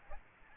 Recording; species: mosquito wingbeat signal from an infrared sensor; Aedes albopictus